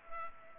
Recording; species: mosquito wingbeat signal from an infrared sensor; Culex pipiens